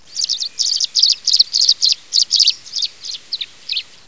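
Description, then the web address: Tree swallow twitters in a quick series of liquid, chirping notes, about three or four short bursts a second, fading slightly toward the end. Listed under Penquis. "penquis tacbic"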